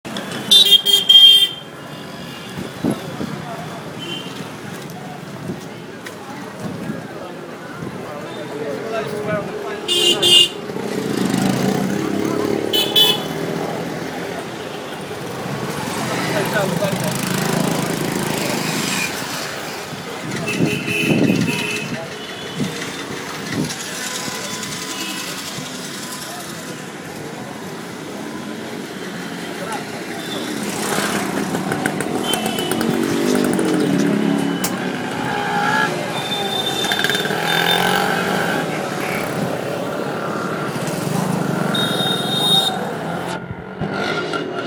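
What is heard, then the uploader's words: Riding in a rickshaw in Pune, a steady low engine rumble carries on under passing traffic, with bright clattering bursts and occasional voices. Sounds from a rickshaw in Pune by Dave Haynes.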